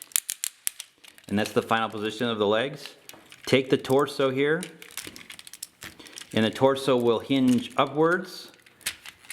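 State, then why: Not seated. Someone talks while handling an MP-33 Masterpiece Inferno transforming figure, with sharp plastic ticks in the first second, light rattling and handling noises around 5.0 to 5.6 s, and a few more near the end. The plastic torso is taken to be hinged upward to lock into place, but nothing has seated or clicked yet by the end of the clip.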